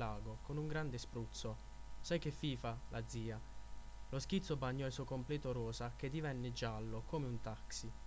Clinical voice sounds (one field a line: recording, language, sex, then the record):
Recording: read passage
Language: Italian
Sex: male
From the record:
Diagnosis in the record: healthy control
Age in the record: 24 years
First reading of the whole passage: 44 s, 11.7 characters per second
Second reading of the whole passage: 43 s, 11.9 characters per second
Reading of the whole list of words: 49 s, 5.7 characters per second